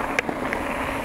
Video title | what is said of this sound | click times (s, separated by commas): Cannondale Scalpel vs. Specialized Epic 8 | peso saranno anche meno robuste il reggisella avete sentito il toc è un reggisella meccanico quindi non ha | 0.2 s